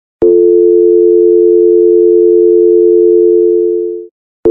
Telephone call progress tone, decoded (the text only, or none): dial tone